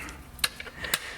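An exhaust valve actuator is pushed onto the flat blade shaft of the exhaust valve during installation of a Dundon titanium street header complete exhaust on a 992 GT3. Two sharp snaps ring out at 0.4 s and 0.9 s over quiet background noise as the actuator seats onto the valve shaft.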